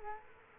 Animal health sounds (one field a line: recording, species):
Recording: mosquito wingbeat signal from an infrared sensor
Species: Culex quinquefasciatus